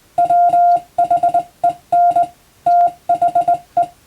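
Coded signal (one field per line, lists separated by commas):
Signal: Morse code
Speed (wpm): 21 wpm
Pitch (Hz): 700 Hz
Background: none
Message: WHEN THE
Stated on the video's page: Morse reception practice using telegram practice texts for radio operator training, also for amateur radio receiving practice.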